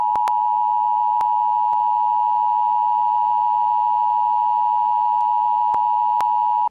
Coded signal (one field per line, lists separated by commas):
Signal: Emergency Alert System (SAME) tones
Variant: 853 and 960 Hz attention tone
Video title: Z25 Virus EAS Scenario